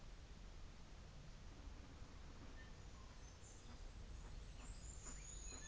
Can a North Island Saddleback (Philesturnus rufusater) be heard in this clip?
no